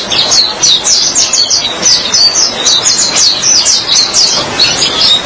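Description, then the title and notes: White-eye song of short, high, sweet twittering bursts in quick succession, over faint background hiss. Chirping song. "Suara kicauan burung pleci"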